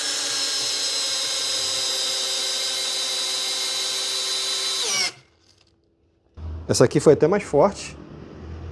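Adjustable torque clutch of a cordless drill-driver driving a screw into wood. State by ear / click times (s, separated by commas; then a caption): not seated / none. A Makita DHP490Z cordless drill-driver with its adjustable torque clutch set to 20 drives a screw into wood, making a steady, high whine from the start until it winds down at about 5.1 seconds, followed by two faint ticks near 5.6 and 5.7 seconds and a short silence. The screw sinks all the way in and the clutch never slips, so no clutch ratchet click is heard. Someone then talks from about 6.4 seconds.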